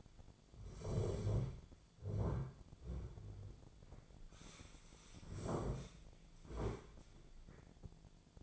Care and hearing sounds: daily activity, microphone in the room; sit down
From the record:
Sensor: 5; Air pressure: 1008.2 hPa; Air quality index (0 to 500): 154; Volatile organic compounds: 3 ppm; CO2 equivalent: 1479 ppm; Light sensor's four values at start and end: 60/167/65/65 and 58/164/64/64

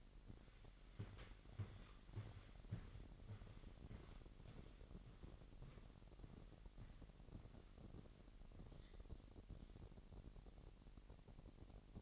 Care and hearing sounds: daily activity, microphone in the room; walk to room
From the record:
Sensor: 4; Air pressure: 1013.0 hPa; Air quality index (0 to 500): 239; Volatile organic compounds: 4 ppm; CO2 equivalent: 1594 ppm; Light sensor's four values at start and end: 33/78/32/32 and 28/69/28/28

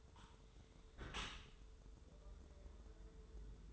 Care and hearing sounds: daily activity, microphone in the room; close dishwasher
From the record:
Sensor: 3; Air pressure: 1014.9 hPa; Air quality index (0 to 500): 34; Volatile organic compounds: 1 ppm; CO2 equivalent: 554 ppm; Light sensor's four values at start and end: 11/26/11/11 and 11/26/11/11

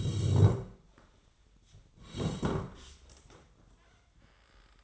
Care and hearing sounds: daily activity, microphone in the room; sit down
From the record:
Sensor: 3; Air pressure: 1012.2 hPa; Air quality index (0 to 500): 174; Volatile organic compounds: 3 ppm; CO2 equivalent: 1330 ppm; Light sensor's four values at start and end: 81/179/89/96 and 75/170/82/87

